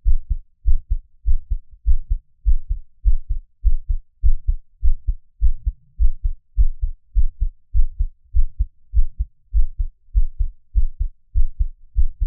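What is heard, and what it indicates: A steady, regular adult heartbeat at about 100 beats per minute, with deep, low-pitched paired thuds heard close-up and no talking.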